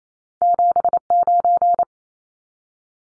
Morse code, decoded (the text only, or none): 79